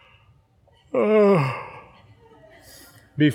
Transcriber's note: yawn